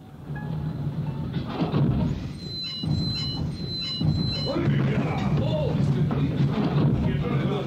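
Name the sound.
train stopping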